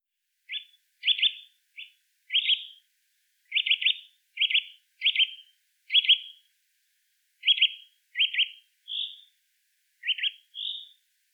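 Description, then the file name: Eurasian nuthatch giving short, sharp, emphatic call notes, mostly single or doubled, repeated irregularly about once a second against a quiet background. "Sitta europaea"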